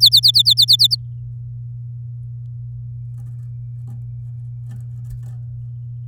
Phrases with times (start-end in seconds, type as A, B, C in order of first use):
0.01-0.96 A